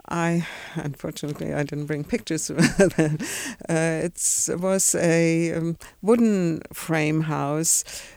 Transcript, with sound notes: I, unfortunately I didn't bring pictures. (she laughs) It was a wooden frame house.